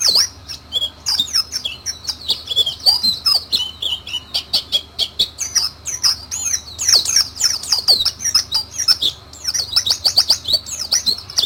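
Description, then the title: White-eye song, energetic high twitter of rapid clipped notes and sweeping chirps, delivered in a steady rush without pause. Pleci 'Mr. Kebo', Malang, East Java, Indonesia. "Pleci Mr. Kebo Malang - Jawa Timur"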